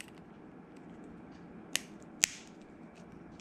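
A plastic cruise medallion disc is pressed into its clip holder on a lanyard. Two sharp, bright clicks sound over a low, steady background hiss, at 1.8 s and at 2.2 s, the second louder. The medallion pops into the holder and is seated.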